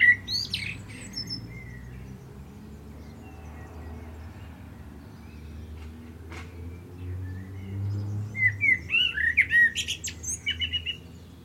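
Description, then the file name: Common blackbird song: a brief fluty phrase at the start, then after a quiet gap a longer run of warbled notes and high squeaky twitters, over a steady low hum. "Turdus merula"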